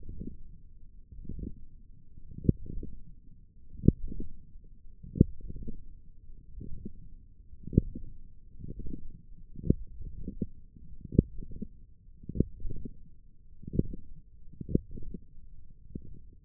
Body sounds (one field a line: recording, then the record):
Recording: forearm muscle sounds (acoustic myography)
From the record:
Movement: wrist flexion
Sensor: system 1, eight BSWA MPA416 microphones around the upper forearm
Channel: 4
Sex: male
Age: 21 years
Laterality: right